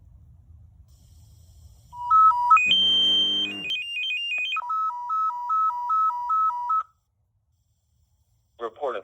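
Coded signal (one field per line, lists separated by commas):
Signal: pager alert tone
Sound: short stepped tones, a long high tone, then rapid warbling alternating beeps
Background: faint background noise, brief voice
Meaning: Alerts fire companies to a structure fire dispatch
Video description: Unication G5 alerting to San Antonio Fire Department Structure tones.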